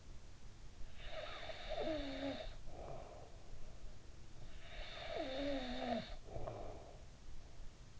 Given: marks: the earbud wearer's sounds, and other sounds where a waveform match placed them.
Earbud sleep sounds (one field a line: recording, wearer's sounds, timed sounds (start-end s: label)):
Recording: sounds in sleep by an in-ear microphone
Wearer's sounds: snoring breath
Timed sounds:
0.55-4.01 s: snoring breath
4.19-7.99 s: snoring breath